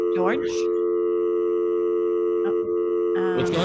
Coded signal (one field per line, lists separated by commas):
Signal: telephone call progress tone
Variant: North America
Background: speech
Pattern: dial tone